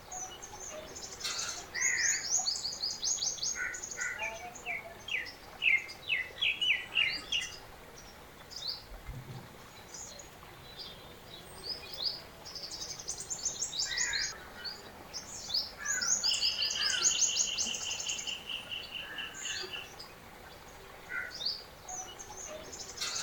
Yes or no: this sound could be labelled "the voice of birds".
yes